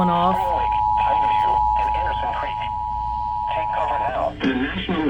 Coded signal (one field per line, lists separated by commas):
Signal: Emergency Alert System (SAME) tones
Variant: 853 and 960 Hz attention tone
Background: speech